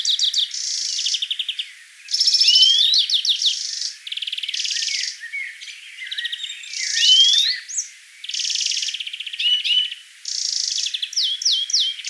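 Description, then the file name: European greenfinch song: rapid twittering trills and buzzy bursts alternating with rising whistled notes, phrases running almost continuously with short gaps. "Chloris chloris"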